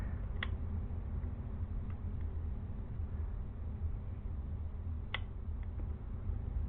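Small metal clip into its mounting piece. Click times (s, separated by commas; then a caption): 0.4 s, 5.1 s. A small metal clip is lined up with its mounting piece and pressed until it seats. Two sharp clicks are heard at 0.4 s and 5.1 s, with a few fainter ticks in between over a steady low hum. The clip clicks into place and is confirmed seated.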